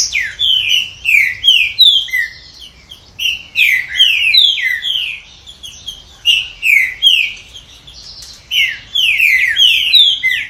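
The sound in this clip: Green-winged saltator giving several quick phrases of ringing, descending whistled notes, separated by short pauses.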